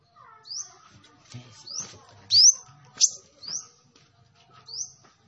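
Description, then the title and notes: Sunbird song: high rising whistles about once a second, one louder sweeping note in the middle, with faint low chatter. Kolibri Ninja singing actively (gacor), with full fill-in phrases and 'tembakan' bursts, used as a lure for training other birds. "MASTERAN KOLIBRI NINJA TERBAIK FULL ISIAN DAN TEMBAKAN MEWAH COCOK BUAT PANCINGAN. Suara Burung Kolibri Ninja Gacor"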